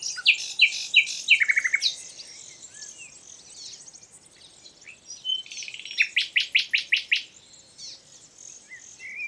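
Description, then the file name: Common nightingale song with two loud phrases of rapid, evenly spaced hard notes separated by softer warbling. "Luscinia megarhynchos"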